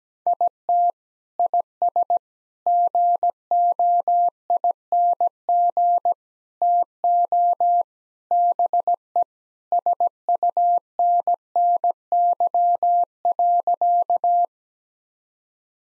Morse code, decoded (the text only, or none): IT IS GOING TO BE SUNNY.